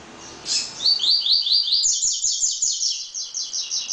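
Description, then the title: Double-collared seedeater song: a fast, steady series of high, sharp notes repeated several times a second from about half a second in to the end. "Canto Coleiro"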